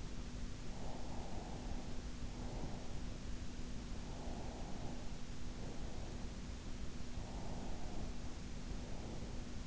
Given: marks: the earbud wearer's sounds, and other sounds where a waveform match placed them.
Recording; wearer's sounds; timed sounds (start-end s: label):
sounds in sleep by an in-ear microphone; breath
0.63-3.33 s: breath
3.90-6.46 s: breath
7.15-9.67 s: breath